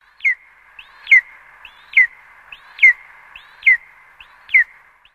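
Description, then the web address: Eagle calls, a clear high whistled note sliding downward, repeated about every second, each preceded by a soft short upslurred whistle. "Cianton Bambini Animali Aquila Verso"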